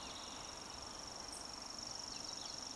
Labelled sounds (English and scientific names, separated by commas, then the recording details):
Eurasian Woodcock (Scolopax rusticola) whistle
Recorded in Baden-Württemberg, Germany, on 20 June 2020 at 19:47 UTC
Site 46046, 702 m above sea level